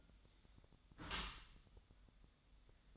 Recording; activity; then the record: daily activity, microphone in the room; close dishwasher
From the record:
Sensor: 3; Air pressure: 1004.6 hPa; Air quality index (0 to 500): 105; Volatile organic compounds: 4 ppm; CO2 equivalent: 1642 ppm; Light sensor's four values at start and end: 7/17/7/6 and 7/17/7/6